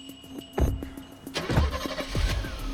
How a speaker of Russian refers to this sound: Машина Глеба уезжает.